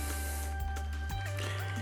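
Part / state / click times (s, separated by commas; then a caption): builder port panel on the back of a toy robot figure / not seated / none. The plastic Zord Builder port on the back of a 2016 Power Rangers Legacy Thunder Megazord toy robot is being handled as it is flipped up to lock into place. Over a steady low hum, brief plastic handling bumps are heard around 0.6 s and 1.1 s, with a louder sudden sound at 1.4 s. The port has not yet seated or clicked into place when the clip ends.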